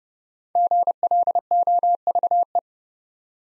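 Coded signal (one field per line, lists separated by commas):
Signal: Morse code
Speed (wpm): 30 wpm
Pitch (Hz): 700 Hz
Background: none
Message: GLOVE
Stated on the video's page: Morse practice set of easy words with contextual hints, sent at 30 wpm.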